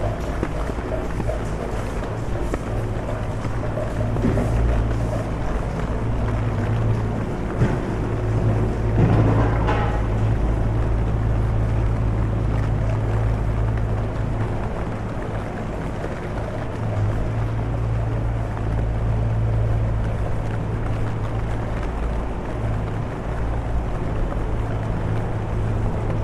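A rainy walk through London, with a steady low engine rumble under a dense wash of rain and a brief sharper swell near nine seconds.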